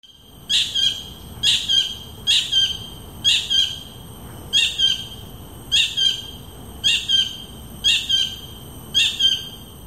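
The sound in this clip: Kingfisher calls: harsh, shrill, high-pitched bursts, each a quick rattle of notes, repeated about once a second, with faint background hiss.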